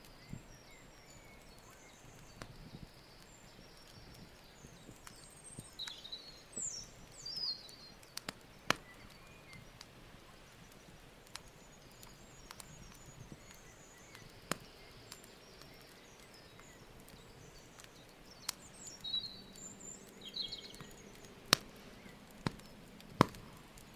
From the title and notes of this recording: The relaxing sounds of a campfire on the shores of a lake.